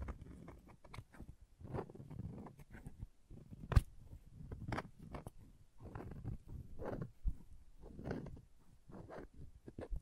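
Crayons tap, scrape and carve in quick irregular bursts of dry scratching, with a sharp louder click just before the four-second mark.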